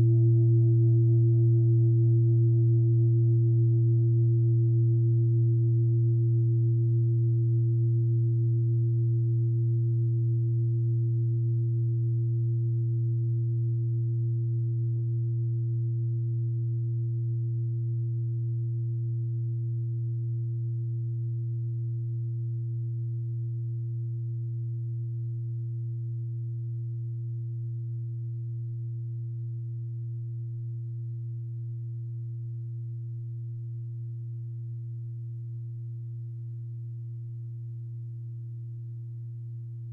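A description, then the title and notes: A singing bowl rings out in one long, steady tone, deep and round with a fainter higher ring above it. The sound slowly fades over the whole forty seconds, while its upper shimmer dies away around the middle, leaving only the low hum. Singing bowl sound therapy.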